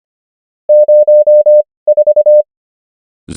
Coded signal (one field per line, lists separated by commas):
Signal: Morse code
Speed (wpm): 25 wpm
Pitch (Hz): 600 Hz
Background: none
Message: 04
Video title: morse code practice | 25wpm | 19fw | numbers | ENGLISH